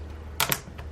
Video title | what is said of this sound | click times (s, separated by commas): How To Fix Replace Dell XPS Key - Small Sized Normal Letter Number Arrow | that's centered in place press that in and it should snap into place as well just | 0.4 s, 0.5 s